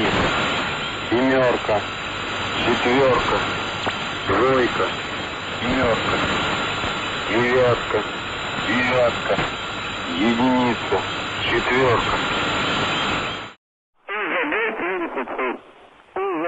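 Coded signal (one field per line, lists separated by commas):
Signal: numbers station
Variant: UVB-76, Russian voice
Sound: a male voice reads short, evenly spaced words through heavy radio static; no buzzer heard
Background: radio static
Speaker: Apenas 3 mensagens de voz foram comprovadamente transmitidas pela UVB-76 antes de 2010. São elas: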